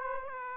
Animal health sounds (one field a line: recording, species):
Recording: mosquito wingbeat signal from an infrared sensor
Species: Aedes aegypti